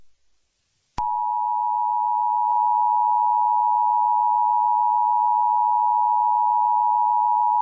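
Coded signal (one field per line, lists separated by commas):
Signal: Emergency Alert System (SAME) tones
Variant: 853 and 960 Hz attention tone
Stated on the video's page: Simulated EAS scenario.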